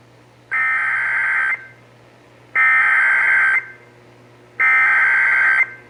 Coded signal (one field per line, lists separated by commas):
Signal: Emergency Alert System (SAME) tones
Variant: header bursts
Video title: (EAS #619-620) Flash Flood Warning (WBAP-AM, KDAF-TV)